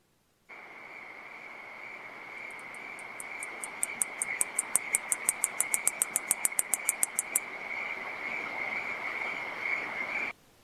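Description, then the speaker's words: Katydid giving a fast series of many crisp, evenly spaced high clicks over several seconds, above a steady, continuous high-pitched insect trill that runs throughout. Male katydid rubbing his forewings together, file on one wing and scraper on the other, producing clicks; recorded in the Boulder area at the end of summer. "So that's the sound that the male katydid makes as he rubs his forewings together."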